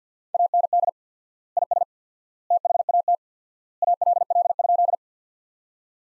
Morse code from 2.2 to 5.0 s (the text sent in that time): THAT ALL?